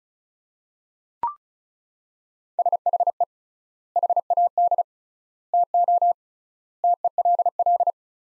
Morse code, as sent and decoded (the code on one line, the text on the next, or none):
... .... . / .... .- -.. / - --- / - . .-.. .-..
SHE HAD TO TELL